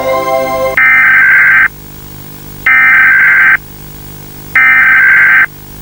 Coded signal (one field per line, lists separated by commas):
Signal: Emergency Alert System (SAME) tones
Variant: header bursts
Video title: The Glowing anomaly EAS Alert